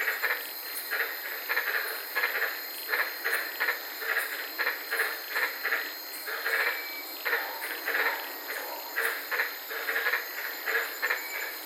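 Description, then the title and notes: Many white-lipped tree frogs giving short barking notes in rapid overlapping series, a continuous hiss running underneath. Several frogs calling at night in the Daintree rainforest, Queensland; recorded while sitting in a car. "White Lipped Frog Podcast. I was sitting in my car in the Daintree rainforest in Queensland this night and fell asleep listening to these amazing White lipped frogs"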